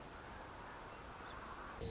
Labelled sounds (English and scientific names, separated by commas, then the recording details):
Song Sparrow (Melospiza melodia)
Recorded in Sonoma County, California